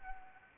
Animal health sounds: mosquito wingbeat signal from an infrared sensor; Anopheles arabiensis

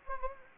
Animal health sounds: mosquito wingbeat signal from an infrared sensor; Anopheles gambiae

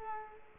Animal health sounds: mosquito wingbeat signal from an infrared sensor; Culex quinquefasciatus

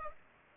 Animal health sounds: mosquito wingbeat signal from an infrared sensor; Culex pipiens

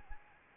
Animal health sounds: mosquito wingbeat signal from an infrared sensor; Anopheles arabiensis

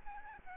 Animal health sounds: mosquito wingbeat signal from an infrared sensor; Aedes albopictus

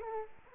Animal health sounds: mosquito wingbeat signal from an infrared sensor; Culex quinquefasciatus

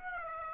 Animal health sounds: mosquito wingbeat signal from an infrared sensor; Aedes aegypti

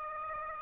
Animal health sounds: mosquito wingbeat signal from an infrared sensor; Aedes aegypti

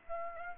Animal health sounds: mosquito wingbeat signal from an infrared sensor; Aedes aegypti

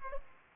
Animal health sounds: mosquito wingbeat signal from an infrared sensor; Culex pipiens

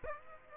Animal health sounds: mosquito wingbeat signal from an infrared sensor; Aedes aegypti

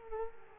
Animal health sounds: mosquito wingbeat signal from an infrared sensor; Culex pipiens

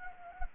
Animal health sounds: mosquito wingbeat signal from an infrared sensor; Anopheles gambiae

